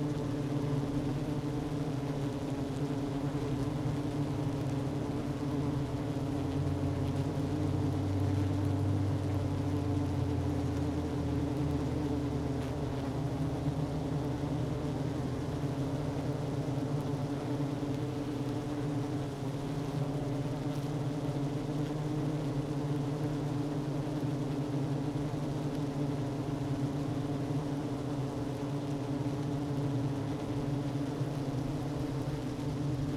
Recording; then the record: honeybee colony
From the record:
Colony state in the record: active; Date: 12 June 2018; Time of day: 11:11